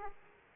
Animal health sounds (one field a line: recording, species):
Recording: mosquito wingbeat signal from an infrared sensor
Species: Aedes aegypti